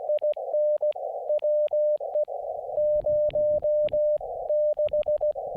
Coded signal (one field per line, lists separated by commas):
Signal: Morse code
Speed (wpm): 16 wpm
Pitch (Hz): 590 Hz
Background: music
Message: IN WE 0 6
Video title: Badger Mountain SOTA